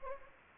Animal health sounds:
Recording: mosquito wingbeat signal from an infrared sensor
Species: Anopheles gambiae

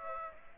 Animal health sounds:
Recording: mosquito wingbeat signal from an infrared sensor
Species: Aedes aegypti

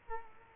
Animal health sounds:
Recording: mosquito wingbeat signal from an infrared sensor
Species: Culex quinquefasciatus

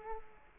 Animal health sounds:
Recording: mosquito wingbeat signal from an infrared sensor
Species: Culex quinquefasciatus

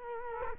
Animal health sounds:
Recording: mosquito wingbeat signal from an infrared sensor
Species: Culex quinquefasciatus

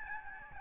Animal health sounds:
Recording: mosquito wingbeat signal from an infrared sensor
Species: Aedes albopictus

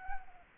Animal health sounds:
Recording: mosquito wingbeat signal from an infrared sensor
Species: Aedes albopictus

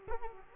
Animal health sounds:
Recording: mosquito wingbeat signal from an infrared sensor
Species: Culex quinquefasciatus

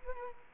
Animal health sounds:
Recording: mosquito wingbeat signal from an infrared sensor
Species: Culex quinquefasciatus

